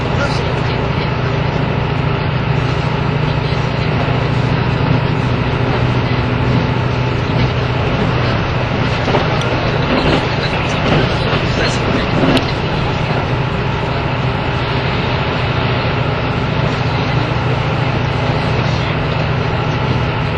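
A steady ride on the way from Nagoya to Toyama: a dense, unbroken vehicle rumble with a strong low hum that holds level throughout. Brief clicks and rattles stand out around ten to twelve seconds, and faint voices sit under the noise.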